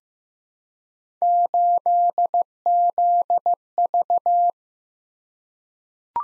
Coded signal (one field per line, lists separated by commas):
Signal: Morse code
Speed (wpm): 15 wpm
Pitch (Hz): 700 Hz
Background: none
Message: 8ZV